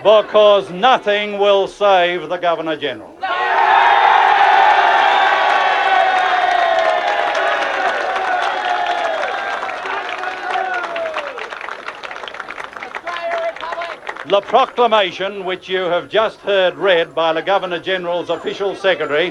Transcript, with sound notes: because nothing will save the Governor-General. (crowd cheers) The Proclamation which you have just heard read by the Governor-General’s official secretary